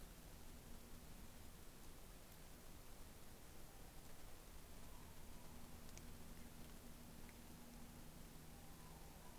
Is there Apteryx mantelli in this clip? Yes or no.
no